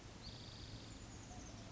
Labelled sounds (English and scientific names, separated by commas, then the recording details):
Oak Titmouse (Baeolophus inornatus)
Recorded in Sonoma County, California